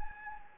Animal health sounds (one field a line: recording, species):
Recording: mosquito wingbeat signal from an infrared sensor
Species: Anopheles gambiae